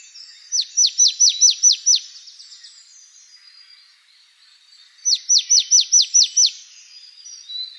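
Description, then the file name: Marsh tit repeating clipped, falling notes in two fast series of about seven notes each, the first trailing off in softer notes, the second a few seconds later. Recorded 28 November 2013. "Poecile palustris 131128"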